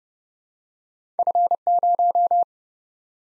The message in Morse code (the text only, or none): F0